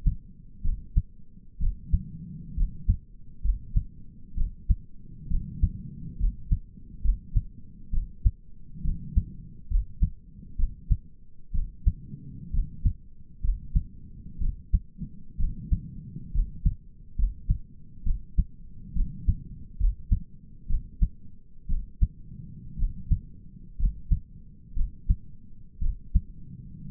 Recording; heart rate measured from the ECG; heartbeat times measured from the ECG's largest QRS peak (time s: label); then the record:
heart sounds by stethoscope; 64 bpm
0.64 s: heartbeat
1.61 s: heartbeat
2.57 s: heartbeat
3.44 s: heartbeat
4.37 s: heartbeat
5.30 s: heartbeat
6.20 s: heartbeat
7.04 s: heartbeat
7.93 s: heartbeat
8.84 s: heartbeat
9.71 s: heartbeat
10.59 s: heartbeat
11.54 s: heartbeat
12.53 s: heartbeat
13.43 s: heartbeat
14.41 s: heartbeat
15.39 s: heartbeat
16.34 s: heartbeat
17.18 s: heartbeat
18.06 s: heartbeat
18.96 s: heartbeat
19.80 s: heartbeat
20.69 s: heartbeat
21.69 s: heartbeat
22.79 s: heartbeat
23.79 s: heartbeat
24.76 s: heartbeat
25.82 s: heartbeat
26.90 s: heartbeat
From the record:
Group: healthy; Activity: cold pressor test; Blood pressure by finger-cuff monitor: 104/61 mmHg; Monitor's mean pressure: 75 mmHg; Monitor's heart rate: 65 bpm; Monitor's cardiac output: 6 L/min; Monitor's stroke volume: 92 mL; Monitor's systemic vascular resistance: 900 dyn s/cm5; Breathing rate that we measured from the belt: 17 breaths a minute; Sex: male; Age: 22 years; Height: 181 cm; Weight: 79 kg